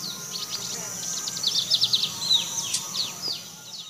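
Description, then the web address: Lined seedeater song: a quick run of high, clipped chirps and one slurred note, set against a constant high-pitched insect hum. Calls and song recorded in the eastern lowlands of South America. "Natures Songs S America Eastern Lowlands. Sporophila lineola, calls and song"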